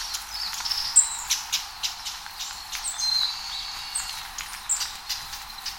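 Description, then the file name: Long-tailed tit calls: thin, very high notes scattered throughout, over a soft steady background hiss. "enaga"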